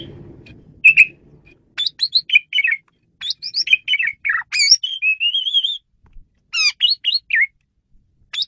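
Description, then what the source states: Asian pied starling producing a dense, lively series of whistled notes, chirps and a slurred warbling phrase, with brief pauses between bursts. Female bird, used as a lure bird.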